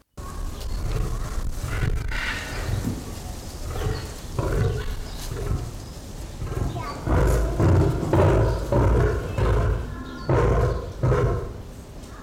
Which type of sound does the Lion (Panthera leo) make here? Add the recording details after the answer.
call. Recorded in captivity. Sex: male. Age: adult. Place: Zoo Leipzig, Sachsen, DE. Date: 1995-10-25 13:00. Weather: heiter 14°C. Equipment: Sony WM-D6C, Sennheiser ME 80, Kopie Uher 4000 Report Monitor. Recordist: Tembrock, Günter